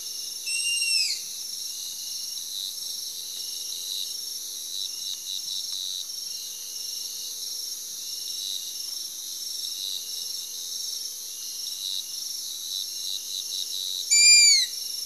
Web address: Natures Songs S America Eastern Lowlands Asio clamator, calls pair